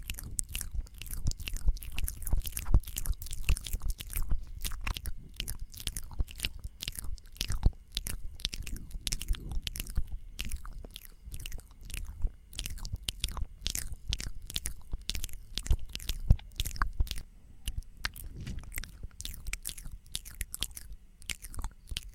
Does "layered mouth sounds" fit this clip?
yes